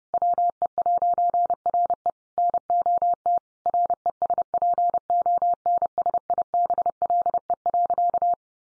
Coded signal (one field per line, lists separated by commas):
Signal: Morse code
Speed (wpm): 30 wpm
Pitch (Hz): 700 Hz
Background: none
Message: WE'RE NOT RESPONSIBLE.